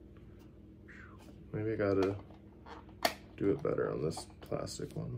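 A small plastic door handle is handled and pressed toward its hole in the plastic body shell of a WPL C24 RC model truck while someone talks, with light plastic handling noises and a short sharp tap near 3.1 s. Nothing has seated or clicked yet.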